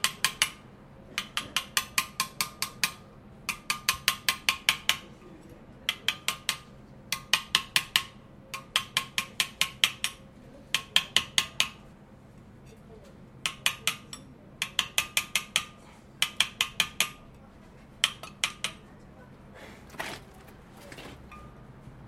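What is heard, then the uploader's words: Stone carving: a chisel is struck in quick bursts of sharp, bright, ringing taps, about five to eight blows per burst, with short pauses between. The hammering keeps a steady, regular rhythm, over a low hum of workshop background. This is the sound of an undergraduate student in the UCL Slade School of Fine Art, carving stone in the courtyard workshop. Stone carving in the Slade School of Fine Art.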